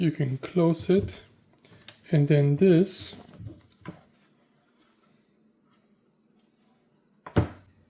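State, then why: Seated. Someone talks about closing the keyboard of an Asus ProArt PZ13 HT5306 laptop/tablet, and then fits the protective cover/stand piece onto the tablet. It snaps into place with a sharp click at 7.3 s, and the cover is seated.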